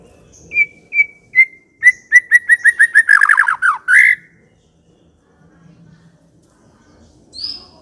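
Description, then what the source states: White-rumped shama song: spaced clear whistles accelerating into a fast descending rattle-like trill, ending in a rising note, then near silence with one faint high note. Aggressive White-rumped shama song used as a lure to provoke a fighting bird.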